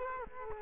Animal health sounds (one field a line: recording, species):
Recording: mosquito wingbeat signal from an infrared sensor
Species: Culex quinquefasciatus